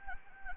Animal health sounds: mosquito wingbeat signal from an infrared sensor; Anopheles gambiae

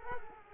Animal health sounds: mosquito wingbeat signal from an infrared sensor; Culex quinquefasciatus

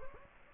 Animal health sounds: mosquito wingbeat signal from an infrared sensor; Anopheles gambiae

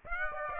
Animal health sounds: mosquito wingbeat signal from an infrared sensor; Aedes aegypti

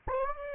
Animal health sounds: mosquito wingbeat signal from an infrared sensor; Anopheles gambiae

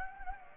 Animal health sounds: mosquito wingbeat signal from an infrared sensor; Anopheles gambiae

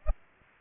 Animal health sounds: mosquito wingbeat signal from an infrared sensor; Aedes aegypti

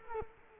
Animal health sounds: mosquito wingbeat signal from an infrared sensor; Culex quinquefasciatus

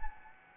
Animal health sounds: mosquito wingbeat signal from an infrared sensor; Anopheles gambiae

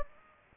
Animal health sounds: mosquito wingbeat signal from an infrared sensor; Aedes aegypti

